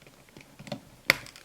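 A plastic piece that broke off a Megazord toy part is pushed back in after some effort, with light plastic ticks and taps as it is worked into position. It snaps into place with a sharp, loud click at 1.1 s, followed by a few faint ticks, and the piece is seated.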